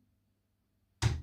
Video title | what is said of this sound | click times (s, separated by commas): How to test a torque wrench in the home shop #longshort #nm #torque #test #torquewrench | it clicks so you don't want to be putting a lot of weight on it | 1.0 s